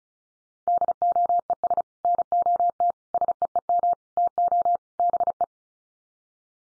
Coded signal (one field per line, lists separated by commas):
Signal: Morse code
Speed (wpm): 34 wpm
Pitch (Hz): 700 Hz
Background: none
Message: DOES NOT SEEM TO BE